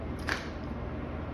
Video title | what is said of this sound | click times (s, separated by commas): Fun with Fuelings! Ice Cream! Dash ice cream maker Optavia 5&1 transformation hack | a churn that just pops right in there | 0.3 s